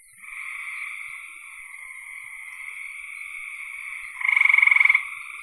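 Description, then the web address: Frogs calling: a steady droning chorus, then one loud rapid pulsed croak near the end lasting under a second. "cn frogs"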